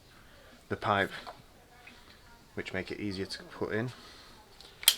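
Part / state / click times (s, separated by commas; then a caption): coolant hose quick connector onto engine coolant pipe / seated / 4.9 s. A coolant hose quick-connect fitting with a retaining clip is pushed onto its plastic engine coolant pipe on a BMW 330i while someone talks. After the speech, a sharp click at 4.9 s marks the connector latching in, and the hose is seated.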